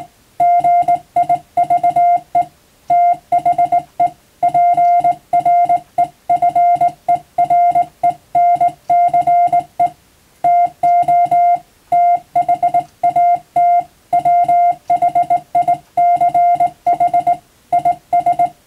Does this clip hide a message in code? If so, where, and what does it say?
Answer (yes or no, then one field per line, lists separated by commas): yes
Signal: Morse code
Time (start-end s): 0.4-18.5 s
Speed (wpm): 20 wpm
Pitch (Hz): 700 Hz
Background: music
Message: GIVE THE PREFERENCE TO THAT WHICH IS